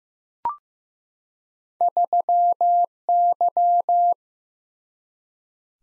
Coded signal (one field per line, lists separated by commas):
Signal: Morse code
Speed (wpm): 15 wpm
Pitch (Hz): 700 Hz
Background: none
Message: 3Y